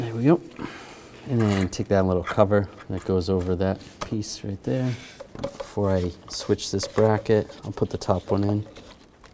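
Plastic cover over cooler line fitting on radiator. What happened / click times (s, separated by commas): The cover is handled but has not yet snapped home / none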